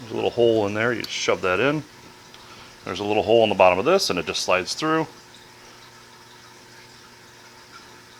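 A magnetized impeller for a Fluval 406 aquarium canister filter is handled near its well in the motor housing while someone talks for the first five seconds. Low, steady background sound with a faint tap follows. Nothing has seated or clicked yet.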